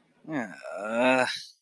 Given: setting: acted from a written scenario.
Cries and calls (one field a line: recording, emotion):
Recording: vocal sound without words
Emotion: guilt